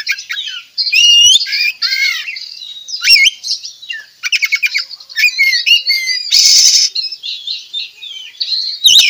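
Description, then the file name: Oriental magpie-robin song: loud, busy mix of whistled slurs, rattling trills and a harsh, noisy burst, with scratchy chatter linking the phrases. Recorded at Tretes; bird singing actively and vigorously, described locally as gacor. "Tembakan Kacer Tretes Gacor"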